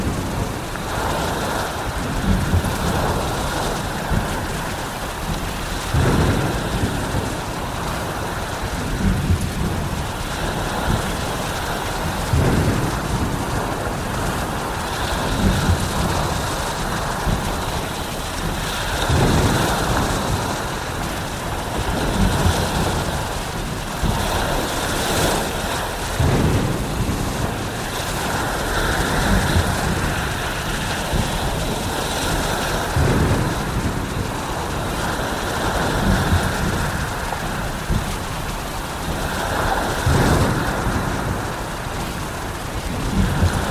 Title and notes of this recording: Natures Sounds of a Thunder Storm at Sea. The sounds of strong waves and thunder